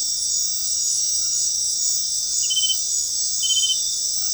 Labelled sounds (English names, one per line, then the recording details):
none
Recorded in dense forest near Puerto Asís, Putumayo, Colombia, on 21 February 2024 at 21:00
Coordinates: 0.500, -76.322
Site G6465